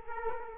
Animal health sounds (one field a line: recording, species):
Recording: mosquito wingbeat signal from an infrared sensor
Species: Culex quinquefasciatus